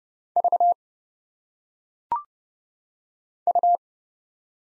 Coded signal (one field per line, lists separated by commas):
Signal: Morse code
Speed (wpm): 30 wpm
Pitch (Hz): 700 Hz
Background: none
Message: V U